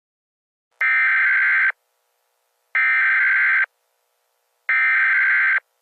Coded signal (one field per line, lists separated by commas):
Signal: Emergency Alert System (SAME) tones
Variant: header bursts